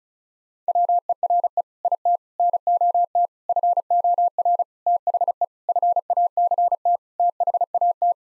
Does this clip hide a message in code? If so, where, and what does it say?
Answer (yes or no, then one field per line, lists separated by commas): yes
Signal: Morse code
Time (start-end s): 0.7-8.1 s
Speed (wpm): 36 wpm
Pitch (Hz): 700 Hz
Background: none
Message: WERE IT NOT FOR THE FACT THAT